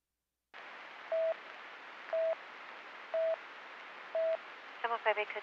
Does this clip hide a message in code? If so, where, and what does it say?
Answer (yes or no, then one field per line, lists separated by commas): no